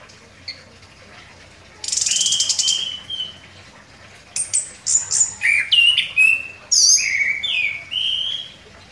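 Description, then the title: Orange-headed thrush song opening with a harsh buzzy note, then a run of clear whistled phrases and quick slurred notes in a lively, varied sequence. Song described as gacor, meaning vigorous, sustained singing. "Anis Kembang Gacor"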